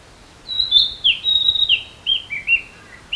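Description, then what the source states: Narcissus flycatcher song, a run of clear whistled notes that slide down in pitch, with short pauses between phrases, over quiet background hiss. Song rendered in Japanese as "chottokoi"; called kibitaki.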